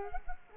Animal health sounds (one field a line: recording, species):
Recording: mosquito wingbeat signal from an infrared sensor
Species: Culex quinquefasciatus